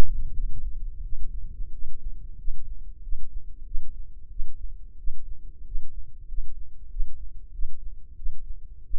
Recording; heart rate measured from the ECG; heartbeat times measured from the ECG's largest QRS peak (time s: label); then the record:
heart sounds by microphone in the left ear; 92 bpm
0.31 s: heartbeat
1.00 s: heartbeat
1.69 s: heartbeat
2.35 s: heartbeat
3.00 s: heartbeat
3.63 s: heartbeat
4.27 s: heartbeat
4.95 s: heartbeat
5.62 s: heartbeat
6.25 s: heartbeat
6.87 s: heartbeat
7.50 s: heartbeat
8.14 s: heartbeat
8.82 s: heartbeat
From the record:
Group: healthy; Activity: rest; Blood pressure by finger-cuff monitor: 119/81 mmHg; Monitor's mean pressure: 93 mmHg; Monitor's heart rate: 91 bpm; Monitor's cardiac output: 6.9 L/min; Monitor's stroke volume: 75 mL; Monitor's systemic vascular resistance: 1010 dyn s/cm5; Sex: male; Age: 21 years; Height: 180 cm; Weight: 67.5 kg